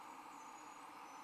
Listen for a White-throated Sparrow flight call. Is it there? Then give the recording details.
no. No flight call is heard. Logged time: 04:48 on 20 December 2014